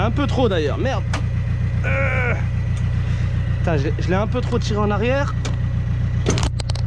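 A towing triangle's hook is being worked onto the tow point of an Opel Movano van while someone talks over a steady low engine hum. Short sharp metallic rattles come near the end, around 6.3 to 6.4 seconds. Nothing has seated or clicked yet.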